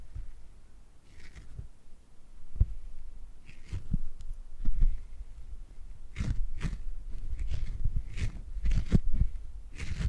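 A cat purrs in a low, rumbling flutter that swells and fades throughout. Brief brighter crackles and soft thumps cut in irregularly, clustering more densely in the second half, with a sharp tap near the three-second mark.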